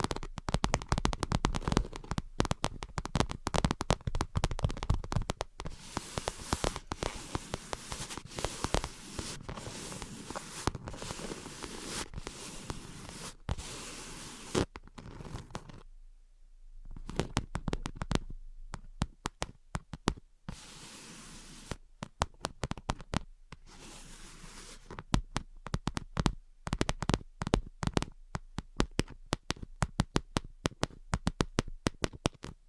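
Tapping and scratching sounds come in dense, irregular bursts of sharp clicks and rough scraping, with no steady rhythm. Activity is busiest through the first fifteen seconds, then drops to near silence around sixteen seconds before sparser, quieter taps and scratches resume.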